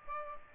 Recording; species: mosquito wingbeat signal from an infrared sensor; Aedes aegypti